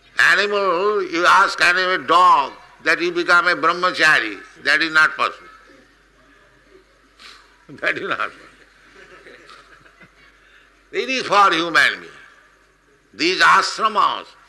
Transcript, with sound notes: Animal, you ask animal, dog, that "You become a brahmacārī," that is not possible. That is not possible. [laughs] It is for human being. These āśramas,